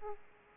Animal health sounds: mosquito wingbeat signal from an infrared sensor; Aedes aegypti

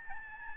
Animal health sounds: mosquito wingbeat signal from an infrared sensor; Aedes albopictus

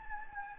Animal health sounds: mosquito wingbeat signal from an infrared sensor; Anopheles gambiae

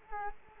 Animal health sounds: mosquito wingbeat signal from an infrared sensor; Culex quinquefasciatus

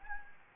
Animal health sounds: mosquito wingbeat signal from an infrared sensor; Anopheles gambiae

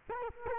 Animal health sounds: mosquito wingbeat signal from an infrared sensor; Culex quinquefasciatus

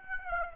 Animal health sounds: mosquito wingbeat signal from an infrared sensor; Aedes aegypti

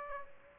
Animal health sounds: mosquito wingbeat signal from an infrared sensor; Aedes aegypti

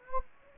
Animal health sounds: mosquito wingbeat signal from an infrared sensor; Anopheles gambiae

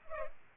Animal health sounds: mosquito wingbeat signal from an infrared sensor; Culex pipiens

